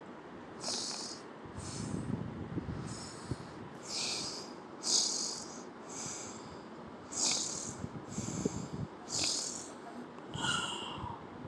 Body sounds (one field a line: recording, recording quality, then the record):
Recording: deep breathing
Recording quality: excellent, no background noise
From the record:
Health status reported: COVID-19 positive, moderate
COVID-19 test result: positive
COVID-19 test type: RT-PCR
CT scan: not taken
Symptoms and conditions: cough, fever, fatigue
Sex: male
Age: 35 years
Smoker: no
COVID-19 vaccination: both doses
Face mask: not worn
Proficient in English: yes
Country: India